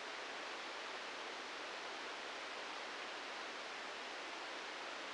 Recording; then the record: brain microelectrode recording played as sound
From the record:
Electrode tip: outside the subthalamic nucleus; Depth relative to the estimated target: 6 mm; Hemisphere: right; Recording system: NeuroSet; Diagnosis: Parkinson's disease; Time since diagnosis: 9 years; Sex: male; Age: 56 years